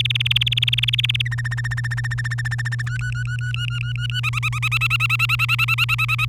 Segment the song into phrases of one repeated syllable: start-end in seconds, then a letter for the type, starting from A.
0.00-1.22 A, 1.25-2.82 B, 2.87-4.20 C, 4.23-6.25 D